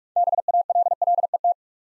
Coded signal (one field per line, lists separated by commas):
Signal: Morse code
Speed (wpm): 44 wpm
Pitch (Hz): 700 Hz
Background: none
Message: BALLET